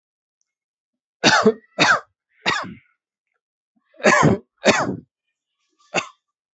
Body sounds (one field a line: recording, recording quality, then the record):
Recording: shallow voluntary cough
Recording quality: excellent, no background noise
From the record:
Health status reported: healthy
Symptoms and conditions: diabetes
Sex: male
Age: 42 years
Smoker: not ticked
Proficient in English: yes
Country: India